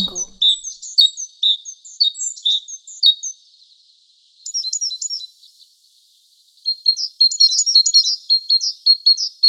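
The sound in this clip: Sparrow chirping in high, sharp notes: a busy run of chirps, a short burst after a pause, then after another lull a dense chattering flurry.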